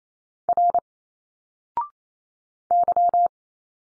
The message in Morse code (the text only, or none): R Y